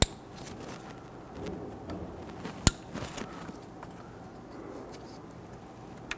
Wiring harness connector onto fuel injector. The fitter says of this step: Push them down. You can hear them click and engage.